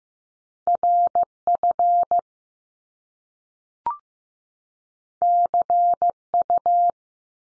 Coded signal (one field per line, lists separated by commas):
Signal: Morse code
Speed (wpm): 15 wpm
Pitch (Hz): 700 Hz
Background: none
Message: R FC U